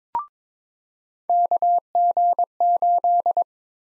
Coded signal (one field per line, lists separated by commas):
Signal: Morse code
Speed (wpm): 21 wpm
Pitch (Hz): 700 Hz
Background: none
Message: KG8